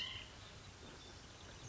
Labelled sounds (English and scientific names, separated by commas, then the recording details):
White-breasted Nuthatch (Sitta carolinensis)
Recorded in Sonoma County, California